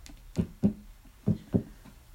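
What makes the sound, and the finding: Heart. Heartbeat.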